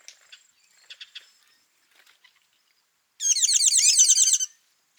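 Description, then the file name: Tinkling cisticola call: scattered faint chips and ticks, then one loud, fast rattling trill of sharp tinkling notes lasting just over a second. Call; Kawelwa, Zambia, 12 December 2021. "Tinkling-Cisticola-call-ZM-Kawelwa-211212"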